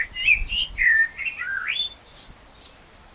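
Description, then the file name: Common blackbird song: rich fluty whistles sliding up and down, then thinner high squeaks trailing off, with a low rumble early on. "Turdus merula"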